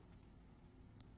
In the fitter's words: Once it's locked into place again,